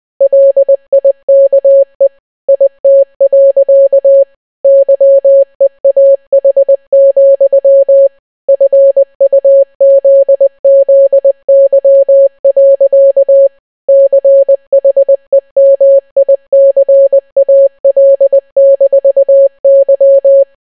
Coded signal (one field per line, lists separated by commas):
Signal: Morse code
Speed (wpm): 20 wpm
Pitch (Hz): 550 Hz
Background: none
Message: LIKE IT. YEAH, FUZZY. CHEMICAL-Y